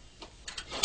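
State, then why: Not seated. A front leg of a Genie Superlift Advantage SLA-20 mechanical material lift is handled at the metal base socket, which has a spring locking pin on the back. A few faint ticks and light scrapes sound against a quiet background, rising into a louder burst of noise at the very end. Nothing has seated or locked into place yet.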